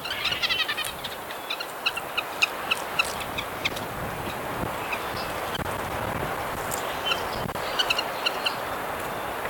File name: Sitta canadensis - Red-breasted Nuthatch